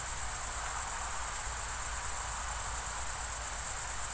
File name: ambience summer night pyrenees mountains france crickets distant river